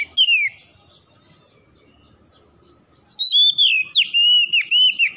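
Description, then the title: Oriental magpie-robin singing: one falling whistle, a quiet gap, then a lively string of loud, looping whistled notes rising and dipping in quick succession. Tretes; singing vigorously (gacor). "Kacer Tretes Gacor"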